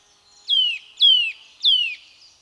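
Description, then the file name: Eurasian nuthatch calling three times: ringing whistles that drop steeply in pitch, each about a third of a second long, evenly spaced. "Sitta europaea"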